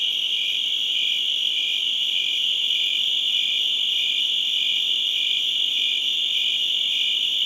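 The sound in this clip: Crickets trilling high and continuously, with a second, lower voice adding short chirps at regular intervals.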